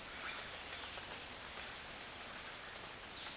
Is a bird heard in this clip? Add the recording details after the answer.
no. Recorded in dense forest near Puerto Asís, Putumayo, Colombia, on 29 June 2025 at 14:30. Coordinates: 0.484, -76.325. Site H65